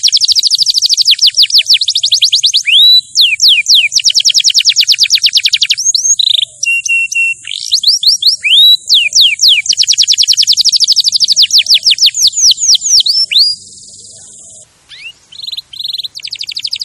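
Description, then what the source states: Canary song of fast chattering trills, swooping whistles and a brief flat tone, ending with a sustained high buzz and scattered notes. Champion canary song for training other birds to sing.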